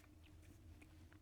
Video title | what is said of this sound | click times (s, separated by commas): What winter camping gear do I use? - how to pack a backpack | but yeah I love it it's a good knife and that solid click | 0.8 s, 1.1 s